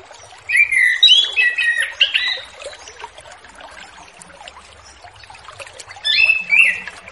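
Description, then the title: Orange-headed thrush singing a varied run of loud whistled and warbled notes for about two seconds, then a pause, then a shorter phrase near the end. Relaxed, clear-toned 'ngeplong santai' song style used as a lure for newly independent spotted-plumage young orange-headed thrushes. "Anis Kembang Ngeplong Santai , Untuk Pancingan Anis Kembang Lepas Trotol"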